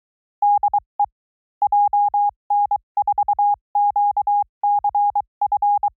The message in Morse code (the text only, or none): DE JN4QCF